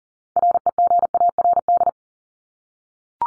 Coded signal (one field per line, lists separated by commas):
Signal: Morse code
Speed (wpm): 40 wpm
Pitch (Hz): 700 Hz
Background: none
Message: REGARD